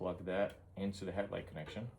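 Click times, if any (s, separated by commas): none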